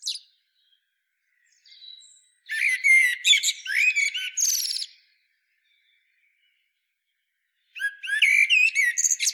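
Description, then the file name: Common blackbird giving bursts of scratchy, squeaky twittering notes in two phrases about five seconds apart, with a faint high note early on. "Turdus merula"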